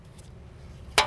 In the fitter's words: of the knuckle before finally clicking the connector into place.